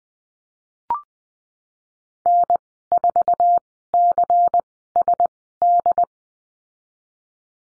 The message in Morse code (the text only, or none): N4CSD